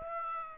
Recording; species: mosquito wingbeat signal from an infrared sensor; Aedes aegypti